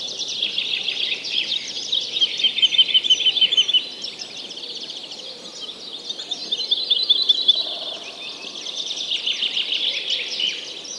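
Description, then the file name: Many birds singing at once: a rapid repeated trill stands out early, then a mass of high chirps and warbles carries on without a break. Many birds singing together. "Digiffects Sound Effects Library - Many Birds Singing"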